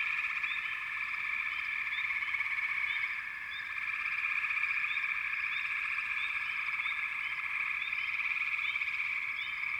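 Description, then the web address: Many frogs call together in an unbroken high trilling wash, short chirps rising above it, with a brief dip in loudness. "Nature Sounds Sounds of Nature Collection 28 Frog Chourus"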